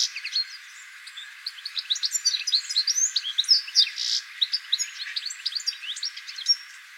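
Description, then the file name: European goldfinch song: a lively jumble of liquid twittering notes and fast trills. "Carduelis carduelis"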